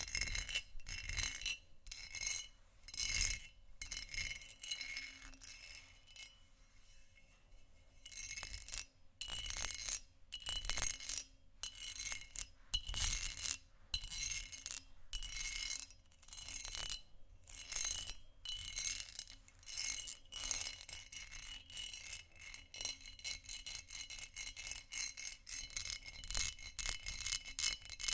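Textured glass is scratched and tapped in bursts of quick, gritty strokes that start and stop irregularly, with short silences between. Toward the end the strokes tighten into a fast, rattling run. The scrapes sound bright and ringing, with a faint steady hum underneath.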